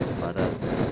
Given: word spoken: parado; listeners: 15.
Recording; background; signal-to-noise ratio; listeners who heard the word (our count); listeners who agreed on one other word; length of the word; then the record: one Spanish word in noise, from a listening test; noise modulated by three-talker babble; -3.8 dB; 0 of 15; 10 of 15; 0.52 s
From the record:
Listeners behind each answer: 10, 3, 1, 1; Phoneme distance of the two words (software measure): 17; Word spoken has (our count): 3 syllables, 6 phonemes, stress on syllable 2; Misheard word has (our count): 2 syllables, 5 phonemes, stress on syllable 2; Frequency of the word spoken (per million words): 13.61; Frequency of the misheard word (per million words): 24.92